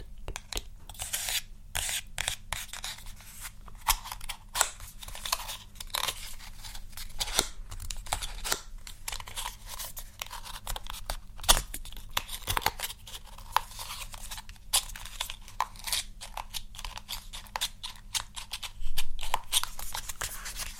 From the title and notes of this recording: ASMR Makeup Triggers.